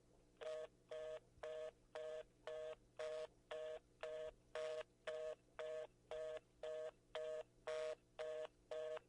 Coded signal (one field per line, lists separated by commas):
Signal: telephone call progress tone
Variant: North America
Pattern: reorder tone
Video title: EAS Scenario: G4 Shutdown